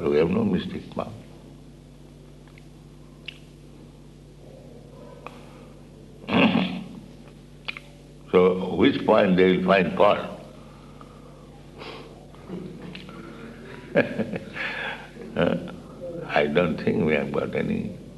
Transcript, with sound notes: We have no mystic power. So which point they will find fault? [laughs] I don't think we have got any